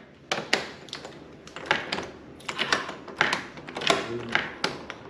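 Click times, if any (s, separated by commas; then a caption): 0.5 s. A door deadbolt, its strike hole in the door frame ground out after it had been sticking, is worked back and forth. This produces several sharp clicks. The bolt throws fully home into the strike hole with a click at 0.5 s.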